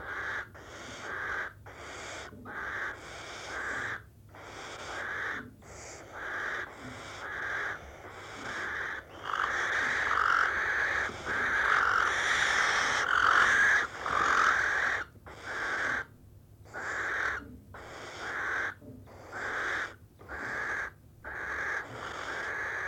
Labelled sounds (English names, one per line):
Western Barn Owl call